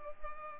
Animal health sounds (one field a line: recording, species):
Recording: mosquito wingbeat signal from an infrared sensor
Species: Culex pipiens